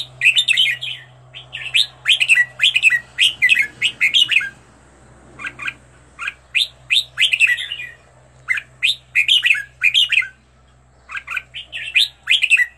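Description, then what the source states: Red-whiskered bulbul singing bright, warbled phrases of quick, slurred whistled notes in bursts, pausing briefly between groups, over a faint low hum. Used to teach birds to sing, featuring 15 standard song styles.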